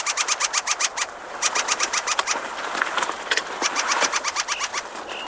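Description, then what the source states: Ring Ouzel alarm call: hard, dry ticking notes in rapid bursts, broken by brief pauses. Warning call given when a person is too close to the nest.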